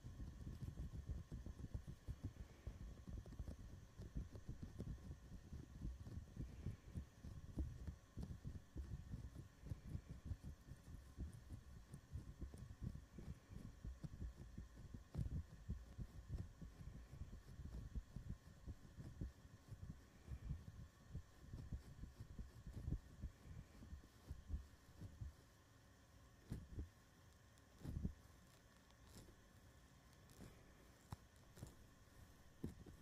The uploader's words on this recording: ASMR mic touching // fuzzy cover, foam cover, bare mic //.